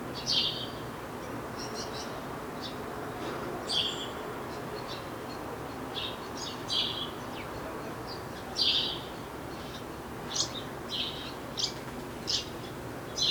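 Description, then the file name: House sparrow chirping, scattered bright chirps in loose bursts over a noisy background hiss. "Passer domesticus"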